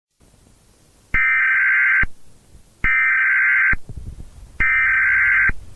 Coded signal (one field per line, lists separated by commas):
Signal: Emergency Alert System (SAME) tones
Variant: header bursts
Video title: Cloud Fall | EAS Scenario